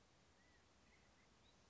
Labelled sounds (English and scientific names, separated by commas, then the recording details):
California Quail (Callipepla californica)
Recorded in Sonoma County, California